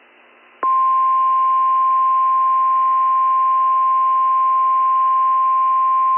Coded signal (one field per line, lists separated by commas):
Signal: Emergency Alert System (SAME) tones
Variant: 1050 Hz attention tone